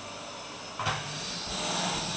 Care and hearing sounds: daily activity, microphone in the room; vacuum cleaning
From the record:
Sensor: 2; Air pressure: 1001.8 hPa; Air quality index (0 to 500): 248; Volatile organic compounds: 39 ppm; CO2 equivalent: 3130 ppm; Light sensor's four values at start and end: 8/27/10/10 and 8/27/10/10

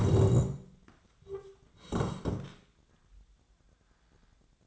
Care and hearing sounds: daily activity, microphone in the room; sit down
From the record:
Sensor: 3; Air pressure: 1012.3 hPa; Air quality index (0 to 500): 172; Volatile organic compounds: 3 ppm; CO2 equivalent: 1320 ppm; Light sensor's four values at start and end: 79/182/85/94 and 108/235/114/128

